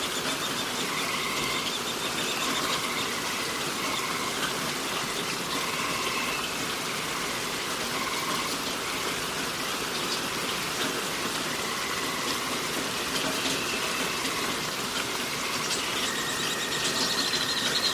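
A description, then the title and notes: Steady rain falls in a dense, even hiss that holds at the same level for the whole stretch, bright. Thin, faint tones come and go every couple of seconds behind it, like birdcalls or a squeal. Relaxing Rain Sounds & Forest Ambience.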